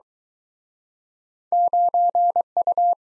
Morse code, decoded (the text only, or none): 9U